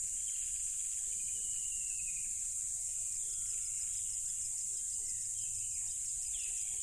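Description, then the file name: Crickets drone in a continuous shrill trill, with occasional sweeping calls and brief soft low notes scattered through. Loud crickets at a tropical river. "smartsound ATMO NATURE Tropical River Loud Crickets"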